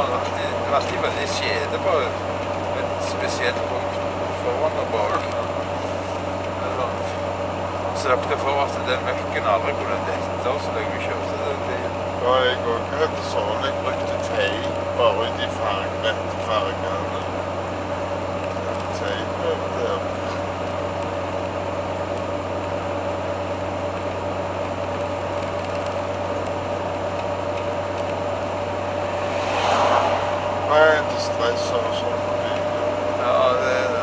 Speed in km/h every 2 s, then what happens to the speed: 67, 66, 66, 66, 65, 65, 65, 65, 65, 66, 66, 67, 66, 67, 67, 68, 68.
0-34 steady at about 66.